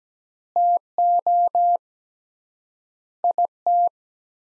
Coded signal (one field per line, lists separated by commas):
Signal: Morse code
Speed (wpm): 17 wpm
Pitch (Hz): 700 Hz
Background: none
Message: TO IT